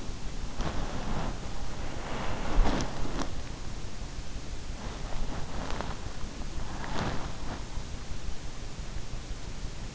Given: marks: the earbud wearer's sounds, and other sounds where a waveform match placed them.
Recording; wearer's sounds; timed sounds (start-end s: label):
sounds in sleep by an in-ear microphone; body movement
0.00-3.71 s: body movement
5.08-8.51 s: body movement